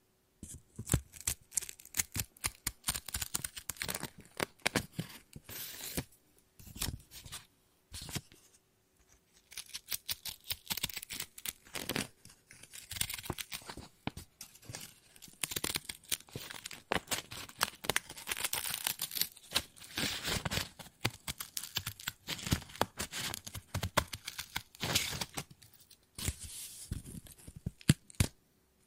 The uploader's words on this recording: ASMR Scissors No Talking Snips and Cutting Paper.